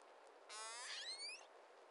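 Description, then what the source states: Pilot whale call: a buzzy pulsed burst running into an upswept whistle with harmonics, lasting about one second over steady background hiss. Call classified as type 28 b.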